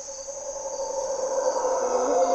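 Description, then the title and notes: Mantled howler monkey howling: a deep, swelling roar that grows louder throughout, with a high insect whine behind it. Mantled howler monkeys waking the jungle at morning twilight, Parque Nacional Corcovado, Osa Peninsula, Costa Rica; males audible for several kilometres, calling at dawn and dusk and in response to disturbances. "Mantled Howler Monkeys in Corcovado morning twilight. Monos Congos, or Mantled Howler Monkeys, waking the jungle in Costa Rica's Parque Nacional Corcovado"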